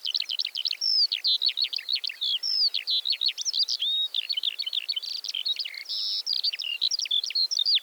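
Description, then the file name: Eurasian skylark song: an unbroken, fast, high warble of chirrups, short whistles and buzzy trills pouring out throughout, with no other sounds. "Feldlerche- Alauda arvensis"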